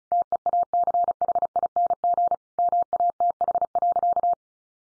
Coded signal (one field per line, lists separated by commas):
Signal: Morse code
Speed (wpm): 34 wpm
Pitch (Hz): 700 Hz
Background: none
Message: TEACHING MATH.